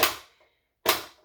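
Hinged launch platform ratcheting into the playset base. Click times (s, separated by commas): 0.0 s, 0.9 s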